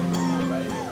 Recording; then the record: coughing mixed with background sound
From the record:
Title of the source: Mid-morning Winter Coughing Fit